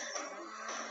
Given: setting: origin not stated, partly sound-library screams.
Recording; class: one-second piece from a danger detection set; woman in danger